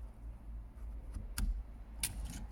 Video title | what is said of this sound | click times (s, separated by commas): C1, AYGO & 107 Indicator Stalk Replacement | you'll hear a click into place on it's in the right position when | 1.4 s, 2.0 s